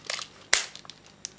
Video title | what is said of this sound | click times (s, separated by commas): (Airsoft) Odin Innovations M12 Sidewinder Speed Loader | Là il est bien rempli, on referme la trappe qui semble raisonnablement bien verrouillée | 0.5 s